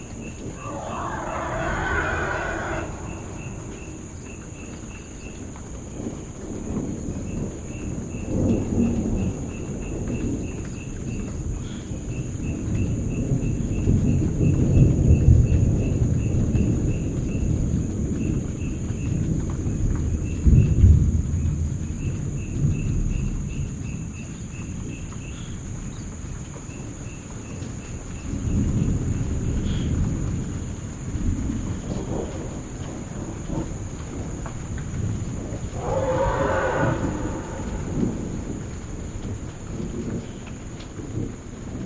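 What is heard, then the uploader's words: Distant thunder rolls through a clearing, a deep rumble swelling to its loudest around the middle and echoing back. Brighter calls, likely elephants, rise briefly near the start and again near the end, over a steady high insect whine and pulsing chirps. Thunderstorm approaching at Langoue Bai. Thunder and elephant calls bouncing off the edges of the clearing add up to an awe-inspiring and colossal soundscape.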